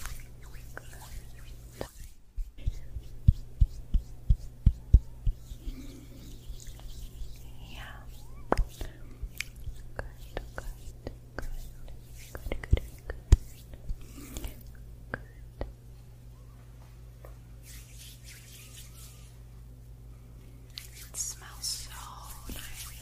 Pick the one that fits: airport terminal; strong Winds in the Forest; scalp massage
scalp massage